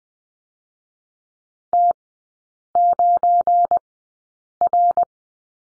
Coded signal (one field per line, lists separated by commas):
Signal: Morse code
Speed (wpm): 20 wpm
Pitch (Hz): 700 Hz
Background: none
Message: T9R